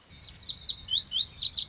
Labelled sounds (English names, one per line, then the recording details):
Lazuli Bunting
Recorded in Sonoma County, California